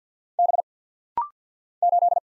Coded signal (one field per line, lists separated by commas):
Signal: Morse code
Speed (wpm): 50 wpm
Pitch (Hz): 700 Hz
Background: none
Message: B 8